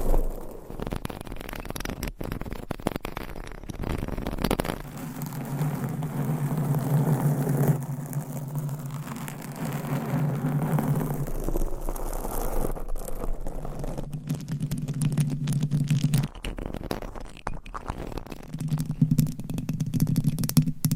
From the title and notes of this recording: Scratching , Tapping , Massage & More No Talking.